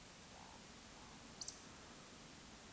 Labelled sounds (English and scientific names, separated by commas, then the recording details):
Eurasian Woodcock (Scolopax rusticola) whistle, Eurasian Woodcock (Scolopax rusticola) croak
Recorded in Baden-Württemberg, Germany, on 2 June 2020 at 20:05 UTC
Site 46190, 1214 m above sea level